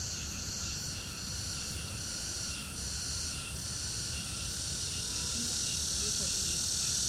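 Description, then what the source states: Crickets chirping in a continuous, high, layered trill with faint rhythmic pulses, under steady low background rumble. Crickets at the Old Summer Palace in summer.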